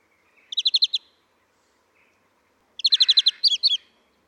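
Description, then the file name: European greenfinch giving two quick trills of bright, rapidly repeated chirping notes, the second trill longer and ending in a few separate higher notes. "Chloris chloris"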